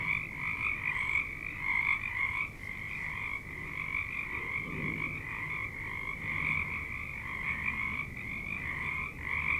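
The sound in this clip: Frog chorus heard more quietly, continuous overlapping trills with a low rumbling sound rising briefly in the middle.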